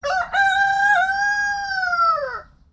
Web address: Tom Hutchings Cockerel Call